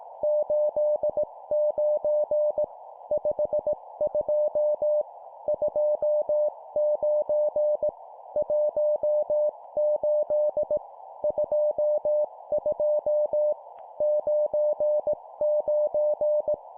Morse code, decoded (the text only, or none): 89 52 29 18 22 99